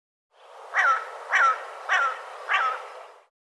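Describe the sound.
Bird calling, four short downward-sliding notes spaced a little over half a second apart.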